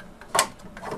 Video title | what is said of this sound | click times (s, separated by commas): White 2 inch Faux Wood Blinds at BlindsOnLine.com | and just snap it in place okay oky | 0.4 s